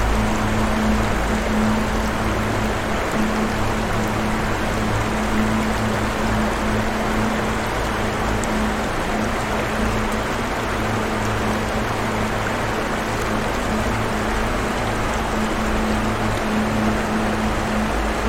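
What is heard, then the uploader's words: Water sounds with a deep ambient drone: a steady, dense wash of rushing water fills the clip at an even level throughout. Beneath it, a low sustained tone hums on and off, with a faint lower rumble holding steady underneath. Deep Ambient Music And Water Sounds.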